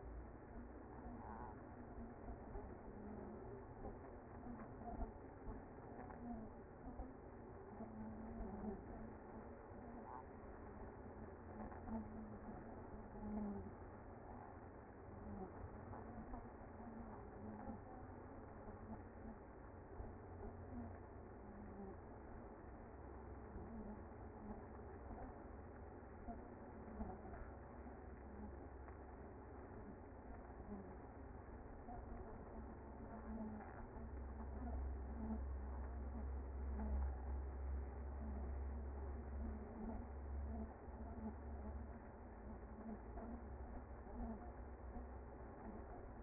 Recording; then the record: honeybee colony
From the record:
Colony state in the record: active